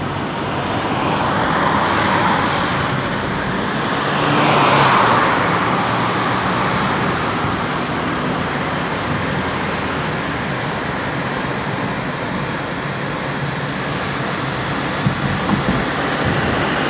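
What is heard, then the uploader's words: Traffic passes on a wet day, a steady hiss of tyres on a damp road filling the whole clip. Two cars swell up and fade, one around two seconds and a louder one near five, over a constant low rumble of engines. A Wet Traffic Day.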